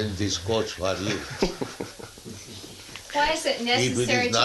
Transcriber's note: laughter